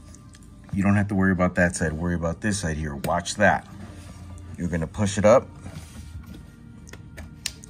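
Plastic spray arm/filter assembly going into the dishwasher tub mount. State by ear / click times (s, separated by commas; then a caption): seated / 7.5 s. A plastic spray arm/filter assembly is lined up with the dishwasher tub mount, pushed up and turned to lock it in place while someone talks. A sharp click is heard at 7.5 s as the part twist-locks and seats.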